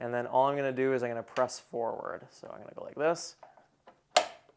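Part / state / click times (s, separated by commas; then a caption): armrest assembly onto kart conversion frame / seated / 4.2 s. Someone talks while lining up small green pieces with white slots and pressing the second armrest forward onto the Ninebot Mecha Kit kart conversion frame. A single loud, sharp click at 4.2 seconds marks the armrest snapping into place, seated.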